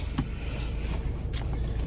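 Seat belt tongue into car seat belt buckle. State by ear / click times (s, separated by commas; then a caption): not seated / none. Inside a car, a child handles the seat belt tongue at the seat belt buckle, with a steady low hum throughout and a brief faint knock near 0.2 s. The clip ends just before the tongue goes home, so nothing has seated or clicked yet.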